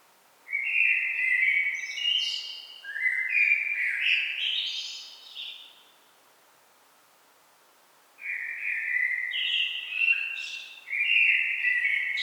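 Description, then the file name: Common blackbird singing several warbled phrases in close succession, rich flutey notes mixed with high twittering, then a silent gap before more phrases resume. "Turdus merula"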